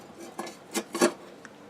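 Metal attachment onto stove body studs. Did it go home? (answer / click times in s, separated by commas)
no / none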